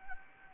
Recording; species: mosquito wingbeat signal from an infrared sensor; Anopheles gambiae